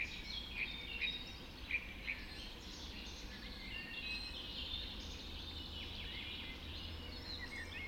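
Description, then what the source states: Dawn chorus: several birds chirp and warble softly in an early morning chorus, a few brief sharp notes early on, all set against noticeable broad background noise. Dawn chorus recorded just after dawn in the Forest of Dean.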